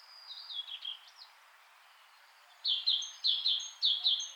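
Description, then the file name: Great tit: a few faint sliding notes early, then after a pause a series of bright high double notes repeated roughly every half second. "Parus major"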